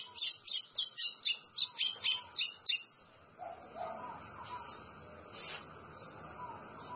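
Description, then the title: White-throated seedeater song: a quick run of sharp, high chirped notes for about three seconds, followed by faint background sounds. "Canto Do Golinha"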